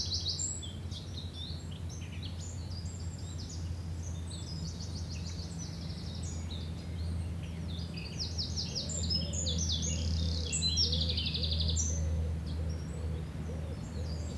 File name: More water fowl in spring april 2010